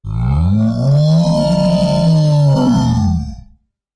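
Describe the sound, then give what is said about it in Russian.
A large hoofed beast, with a cat and a fire fox circling it and biting, lets out one deep, bellowing roar lasting over three seconds, loud and throaty with a rough, growling texture and a slight upward pitch shift before it cuts off. “Проигнорировав кошку и огненного лиса, которые кружили вокруг него, нанося укусы, он взревел снова.”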